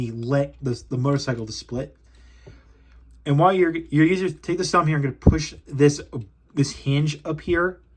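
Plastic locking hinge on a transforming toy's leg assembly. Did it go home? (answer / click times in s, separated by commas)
no / none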